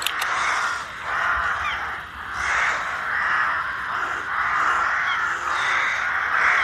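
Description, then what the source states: A flock of rooks keeps up a loud, churning chorus of overlapping harsh caws, rising and falling in waves every second or two. Flock gathered at dusk in the Derbyshire Dales during a bat roost count.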